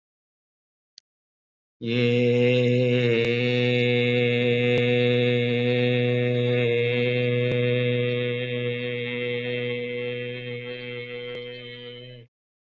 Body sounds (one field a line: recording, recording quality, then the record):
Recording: sustained vowel as in made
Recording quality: excellent, no background noise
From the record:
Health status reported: COVID-19 positive, no symptoms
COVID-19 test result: positive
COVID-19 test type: RT-PCR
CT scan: not taken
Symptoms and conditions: none ticked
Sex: male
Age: 44 years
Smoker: yes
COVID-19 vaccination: both doses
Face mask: worn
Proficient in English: no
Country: India